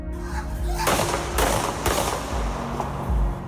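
Several sharp police gunshots crack out in an irregular sequence in an Amsterdam inner courtyard, three or four loud bangs whose echoes ring off surrounding buildings and blur into a rumbling wash between shots.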